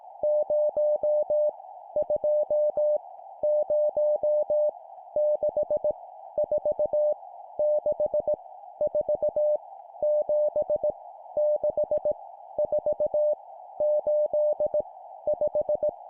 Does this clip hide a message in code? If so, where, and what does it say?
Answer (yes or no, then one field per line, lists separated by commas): yes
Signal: Morse code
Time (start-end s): 0.2-15.9 s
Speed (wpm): 18 wpm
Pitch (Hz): 600 Hz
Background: none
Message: 0 2 0 6 4 6 4 7 6 4 8 5